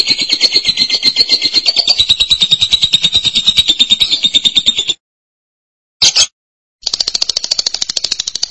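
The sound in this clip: Lovebird song: sustained rapid buzzy chatter at a high pitch, a pause, a short burst, then the chatter resumes.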